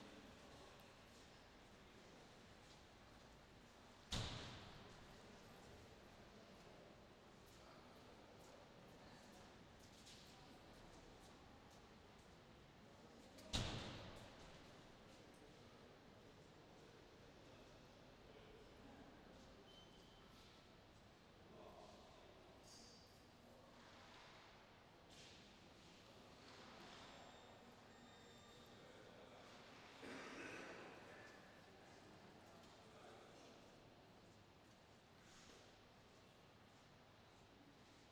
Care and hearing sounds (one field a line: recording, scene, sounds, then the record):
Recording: everyday scene through a hearing-aid microphone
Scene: reverberant space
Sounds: background noise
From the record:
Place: railway station hall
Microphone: in the ear canal, left